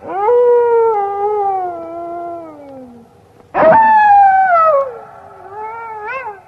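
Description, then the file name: Wolf howls: a long, gently falling howl fading out, then a sharp-onset second howl that slides downward and rises again at the end. "loup"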